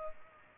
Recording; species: mosquito wingbeat signal from an infrared sensor; Culex pipiens